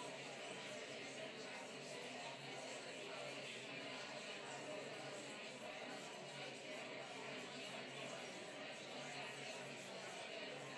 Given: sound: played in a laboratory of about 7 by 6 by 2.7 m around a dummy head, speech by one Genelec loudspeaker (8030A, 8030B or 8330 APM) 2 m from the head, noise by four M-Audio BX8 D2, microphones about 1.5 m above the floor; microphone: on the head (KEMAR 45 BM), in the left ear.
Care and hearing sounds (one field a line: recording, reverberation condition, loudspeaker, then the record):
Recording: babble noise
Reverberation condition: medium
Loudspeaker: four, about 170 cm from the corners of the room and facing them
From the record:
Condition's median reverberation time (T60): about 510 ms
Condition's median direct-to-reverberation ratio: about -0.5 dB